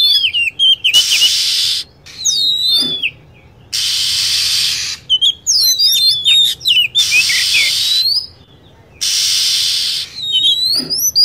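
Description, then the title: Lovebird calls: busy twittering of shrill chirps and looping whistled slides, repeated in bouts that alternate with four bursts of loud steady hiss. Lure sound for attracting lovebirds. "PIKAT BURUNG LOVEBIRD"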